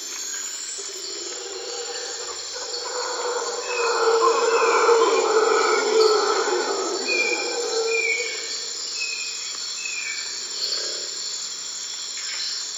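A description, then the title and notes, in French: Dawn in a Costa Rican forest: a steady shrill insect drone with scattered bird chirps, swelling louder in the middle before easing back. L'aube dans la forêt (Costa Rica) by SolWind.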